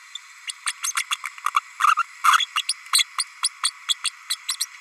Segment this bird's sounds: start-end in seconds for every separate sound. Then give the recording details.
0.47-0.52, 0.66-0.72, 0.82-0.92, 0.96-1.03, 1.10-1.16, 1.56-1.60, 1.86-1.94, 2.38-2.47, 2.55-2.63, 2.68-2.73, 2.92-3.04, 3.18-3.24, 3.43-3.48, 3.63-3.70, 3.88-3.94, 4.04-4.10, 4.30-4.37, 4.48-4.56, 4.60-4.65. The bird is a female. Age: 32 days. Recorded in a nest box in Venezuela. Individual 17B32A5